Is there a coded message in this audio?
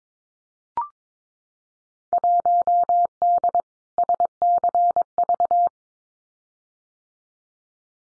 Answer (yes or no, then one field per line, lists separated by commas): yes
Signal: Morse code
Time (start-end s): 2.1-5.7 s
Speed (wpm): 22 wpm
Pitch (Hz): 700 Hz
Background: none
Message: 1D SCV